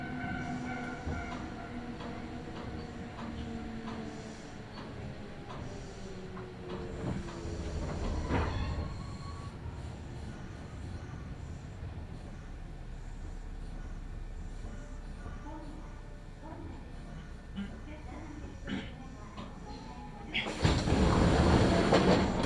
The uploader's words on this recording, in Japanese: 近鉄名古屋線各駅停車 川越富洲原→塩浜。車内はほぼガラガラです。